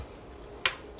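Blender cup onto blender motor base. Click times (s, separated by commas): 0.7 s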